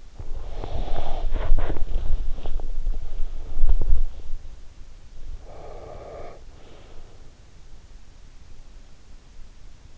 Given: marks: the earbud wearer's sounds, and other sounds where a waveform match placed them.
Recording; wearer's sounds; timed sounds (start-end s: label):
sounds in sleep by an in-ear microphone; body movement, breath
0.00-4.80 s: body movement
5.19-7.56 s: breath